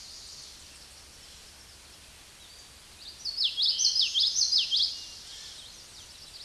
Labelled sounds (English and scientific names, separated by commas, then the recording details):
Common Yellowthroat (Geothlypis trichas) song
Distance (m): 10 m
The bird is about 5 m above the microphone
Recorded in a Pennsylvania forest on 16 May 2024 at 09:08
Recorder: AudioMoth, point MSD-1342
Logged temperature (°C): 15.5 °C
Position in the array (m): 225 m, 186 m